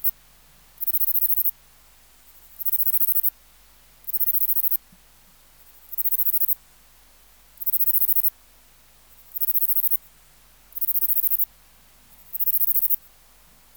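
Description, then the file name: Catalan bush-cricket singing, short high-pitched rasping bursts, regularly repeated over a quiet background. "Steropleurus catalaunicus"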